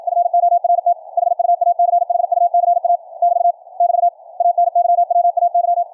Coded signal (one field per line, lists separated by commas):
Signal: Morse code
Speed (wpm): 57 wpm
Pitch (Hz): 700 Hz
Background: none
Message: FORT HUACHUCA <BT> <BT> ANYWAY